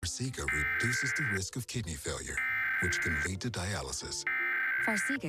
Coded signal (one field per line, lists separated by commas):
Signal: Emergency Alert System (SAME) tones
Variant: header bursts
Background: speech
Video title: WCBS National Emergency Alert System Test 10/4/2023 (Fail)